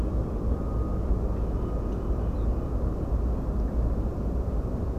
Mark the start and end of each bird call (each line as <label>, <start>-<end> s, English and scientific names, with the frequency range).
Ortolan Bunting (Emberiza hortulana) (3.4-4.3 kHz), 2.34-2.46 s